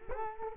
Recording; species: mosquito wingbeat signal from an infrared sensor; Culex quinquefasciatus